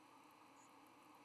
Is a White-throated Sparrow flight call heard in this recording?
no